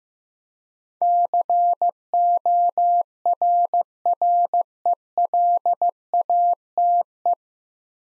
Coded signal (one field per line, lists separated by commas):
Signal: Morse code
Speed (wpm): 15 wpm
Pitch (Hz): 700 Hz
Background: none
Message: CORRELATE